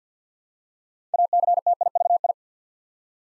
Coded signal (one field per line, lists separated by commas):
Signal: Morse code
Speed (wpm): 50 wpm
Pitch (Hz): 700 Hz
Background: none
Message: ACTIVI